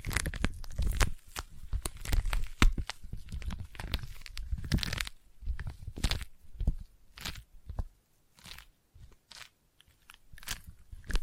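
Sticky tapping and sticky triggers come as a busy run of crackling, crunchy clicks and peeling sounds. The first five seconds are dense and bursty, then the taps thin into separate bright crackles with short pauses between them, picking up again near the end.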